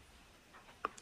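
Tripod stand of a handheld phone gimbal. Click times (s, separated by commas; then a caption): 0.9 s, 1.0 s. The built-in extendable tripod stand of an Insta360 Flow handheld phone gimbal is locked into position. Low background noise gives way to a sharp click at 0.8 s, followed by a fainter click at 1.0 s. The stand is now locked.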